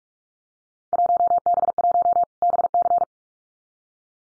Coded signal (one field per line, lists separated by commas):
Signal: Morse code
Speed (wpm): 44 wpm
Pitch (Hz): 700 Hz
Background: none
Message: 1B1 BC